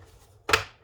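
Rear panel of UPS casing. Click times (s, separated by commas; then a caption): 0.5 s. During a battery replacement in a Volt Polska MicroUPS 600, the plastic rear panel of the UPS case is pushed into place again after something had kept it from snapping in. A single sharp snap rings out at 0.5 s over a quiet low hum as the panel seats, and then the sound fades.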